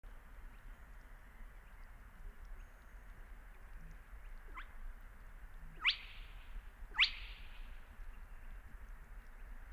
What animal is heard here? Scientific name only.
Porzana porzana